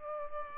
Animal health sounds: mosquito wingbeat signal from an infrared sensor; Aedes aegypti

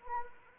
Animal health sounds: mosquito wingbeat signal from an infrared sensor; Anopheles arabiensis

